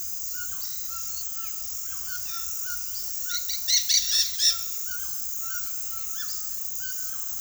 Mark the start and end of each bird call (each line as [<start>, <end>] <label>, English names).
[0.00, 7.41] White-throated Toucan
[3.30, 4.55] Dusky-headed Parakeet